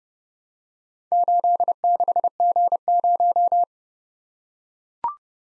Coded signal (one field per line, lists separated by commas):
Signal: Morse code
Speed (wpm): 29 wpm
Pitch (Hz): 700 Hz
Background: none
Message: 86G0